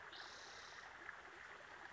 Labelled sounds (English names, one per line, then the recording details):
Spotted Towhee
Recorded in Sonoma County, California